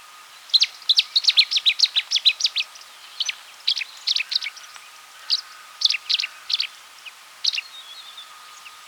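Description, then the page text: Cetti's warbler bursting into rapid, emphatic strings of sharp notes, then shorter loud phrases spaced a second or so apart; a faint steady hum runs underneath. "Cettis Warbler Song and Calls. Quick Sounds"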